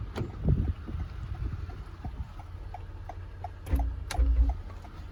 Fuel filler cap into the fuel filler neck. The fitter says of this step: Locks in place, with the fuel cap.